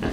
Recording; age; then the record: pig call; growing-finishing pig (85 days or more)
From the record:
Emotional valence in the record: negative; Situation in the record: barren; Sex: female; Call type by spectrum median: low-frequency call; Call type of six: low-frequency stable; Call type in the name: low-frequency stable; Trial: 4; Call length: 0.13 s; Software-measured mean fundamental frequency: 44 Hz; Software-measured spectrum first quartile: 209 Hz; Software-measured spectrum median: 415 Hz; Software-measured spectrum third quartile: 1127 Hz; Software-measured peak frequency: 72 Hz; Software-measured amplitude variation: 144 dB a second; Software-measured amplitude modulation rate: 19.3 a second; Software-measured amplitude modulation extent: 7.5 dB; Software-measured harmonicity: -3.7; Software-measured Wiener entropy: -1.22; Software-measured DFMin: 1060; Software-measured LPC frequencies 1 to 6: 1673, 2800, 4515, 6079, 8024, 8980 Hz